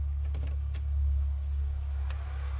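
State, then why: Seated. A plastic electrical connector is pushed onto the tail light bulb holder of a 2017–2020 Audi A3 Sportback (8VF) over a steady low hum. A few faint taps come early, then a sharp click at 2.1 s as the connector seats.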